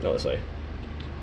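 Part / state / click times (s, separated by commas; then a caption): wiring harness connector into socket block / seated / 1.0 s. A plastic wiring harness connector is turned the right way and pushed into its socket block while someone talks. It seats with a short click at 1.0 s, going in easily.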